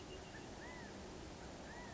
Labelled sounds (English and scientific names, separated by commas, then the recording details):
California Quail (Callipepla californica)
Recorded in Sonoma County, California